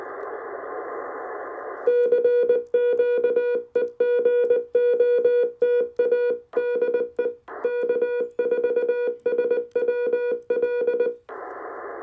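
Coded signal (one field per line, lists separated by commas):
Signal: Morse code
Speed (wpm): 20 wpm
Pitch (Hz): 2400 Hz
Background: music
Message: CQ E GOTA DE K4SWL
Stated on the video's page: QRP Parks on the Air CW activation using an Index Labs QRP Plus, QRP end-fed half-wave antenna and pressure paddle.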